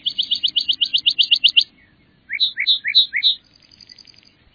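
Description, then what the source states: Lark bunting song: a fast, even trill of high notes, then a pause, then a slower series of clear slurred whistles, ending in a faint buzzy trill. Song of a grassland bird in northeast Montana grasslands in early summer.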